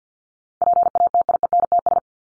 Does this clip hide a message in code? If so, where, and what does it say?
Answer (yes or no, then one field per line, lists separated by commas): yes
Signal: Morse code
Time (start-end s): 0.6-2.0 s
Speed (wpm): 48 wpm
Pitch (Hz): 700 Hz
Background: none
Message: PATIENTS